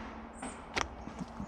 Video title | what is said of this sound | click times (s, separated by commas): HOW TO REFILL LINE SPOOL ON A GRASS TRIMMER | it in until it clicks and then | 0.8 s